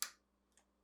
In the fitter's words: then insert the three pin connector into the retaining slot and press until it snaps into place